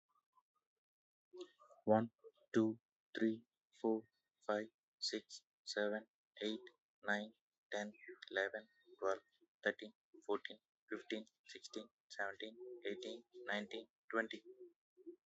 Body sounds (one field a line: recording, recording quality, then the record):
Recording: counting at a normal pace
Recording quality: excellent, no background noise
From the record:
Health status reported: exposed to COVID-19, no respiratory illness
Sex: male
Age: 32 years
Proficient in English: yes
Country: India